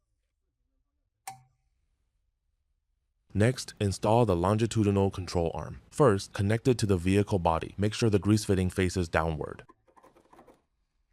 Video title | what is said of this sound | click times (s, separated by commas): How to Replace Control Arm for the Subarul lmpreza GD 2007 | Then install the dust cover on the bolt of the front lateral link rear axle lateral control arm. There is only one position where it can snap into place. After snapping it on, rotate it slightly clockwise. | 1.3 s